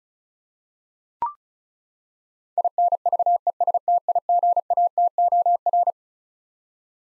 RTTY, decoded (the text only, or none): none